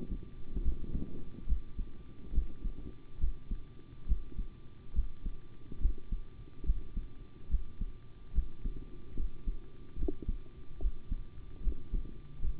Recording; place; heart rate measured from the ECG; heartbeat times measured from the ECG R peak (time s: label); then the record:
heart sounds by stethoscope; between the tricuspid and mitral areas; 71 bpm
0.63 s: heartbeat
1.47 s: heartbeat
2.33 s: heartbeat
3.19 s: heartbeat
4.06 s: heartbeat
4.93 s: heartbeat
5.80 s: heartbeat
6.64 s: heartbeat
7.49 s: heartbeat
8.33 s: heartbeat
9.15 s: heartbeat
9.96 s: heartbeat
10.79 s: heartbeat
11.61 s: heartbeat
12.40 s: heartbeat
From the record:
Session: rest, sitting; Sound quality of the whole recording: good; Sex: male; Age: 25 years